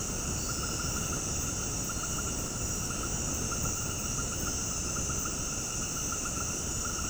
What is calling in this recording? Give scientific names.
none